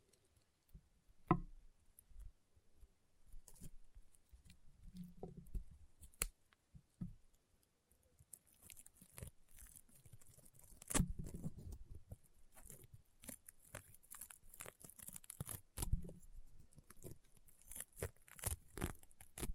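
Crunchy, popping slime being pressed and squeezed, with sharp clicks and pops scattered irregularly throughout. The first half is sparser, with a few louder snaps near 1 and 6 seconds; after about 8 seconds the crackling grows denser and busier, with soft low squelches underneath.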